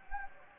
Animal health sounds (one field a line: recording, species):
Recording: mosquito wingbeat signal from an infrared sensor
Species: Anopheles gambiae